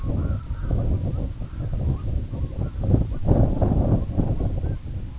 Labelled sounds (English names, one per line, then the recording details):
Red-throated Loon
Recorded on Arctic tundra, site IGLO-A, on 17 June 2018
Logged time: 19:59